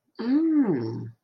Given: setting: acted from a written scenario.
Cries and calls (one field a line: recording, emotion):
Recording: vocal sound without words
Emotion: romantic love